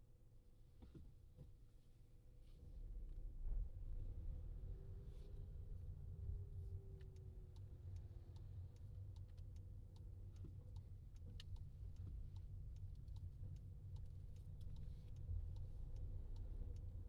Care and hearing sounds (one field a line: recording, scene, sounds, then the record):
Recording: everyday scene through a hearing-aid microphone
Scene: in a vehicle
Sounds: engine, rumble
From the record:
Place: Skoda Fabia, gasoline engine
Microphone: in the ear canal, left